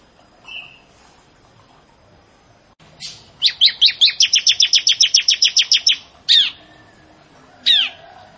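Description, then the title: Prinia song: a long, quick train of about fifteen sharp high chirps, followed by two loud downslurred notes. "Ciblek Sawah"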